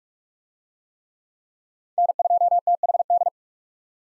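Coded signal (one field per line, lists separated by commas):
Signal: Morse code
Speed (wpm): 44 wpm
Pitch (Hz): 700 Hz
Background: none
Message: N2THD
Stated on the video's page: Morse practice of USA 1x3 call signs in speed-racing format, starting fast and slowing to a 30 wpm base speed; the final repeat is sent at maximum speed.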